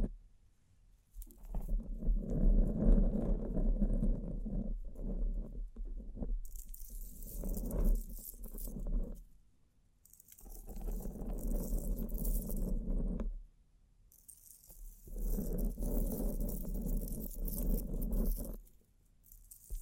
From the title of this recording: Bling Bling Triggers